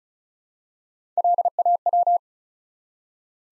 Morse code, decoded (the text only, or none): LAW